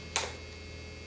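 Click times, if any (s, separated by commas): 0.2 s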